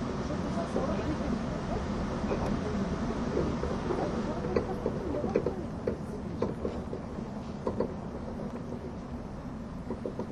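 A train runs along the Gotthard base tunnel route with a steady, dense low rumble that fills the whole ten seconds. Short clicks and knocks, like wheels over rail joints, break through irregularly, and faint voices murmur underneath.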